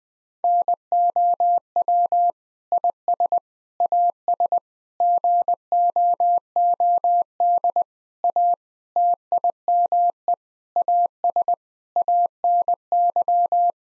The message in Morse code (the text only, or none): NOW IS AS GOOD A TIME AS ANY